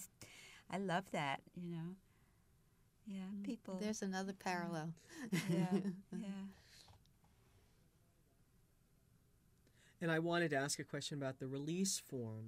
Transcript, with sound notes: And I loved that, you know. Yeah. People...
There's another parallel. (She laughs.)
Yeah, yeah.
And I wanted to ask you a question about the release forms.